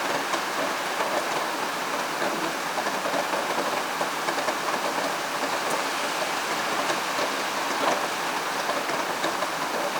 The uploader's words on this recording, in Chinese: 下的那場雨。純粹紀錄梅雨第二波。